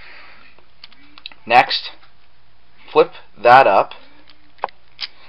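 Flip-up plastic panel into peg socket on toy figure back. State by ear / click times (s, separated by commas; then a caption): seated / 4.6 s. During the transformation of a plastic robot toy figure, a flip-up plastic panel is flipped up and pressed onto a peg socket at the back of the figure while someone talks. Light plastic handling clicks come first, then a sharp click at 4.6 s as the panel locks into place on the peg.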